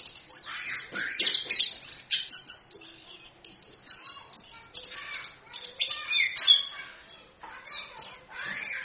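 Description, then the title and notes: Orange-headed thrush song in a scratchy, harsh mode: dense bursts of rasping and chattering notes with occasional whistles, repeated throughout. Masteran (tutor) recording used as a pancingan lure to prompt thrushes to sing; song described as gacor (vigorous) and ngerol (continuous rolling). "ANIS KEMBANG GACOR, ANIS KEMBANG NGEROL, PANCINGAN ANIS KEMBANG BIAR BUNYI. Masteran Anis Kembang"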